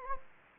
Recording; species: mosquito wingbeat signal from an infrared sensor; Anopheles gambiae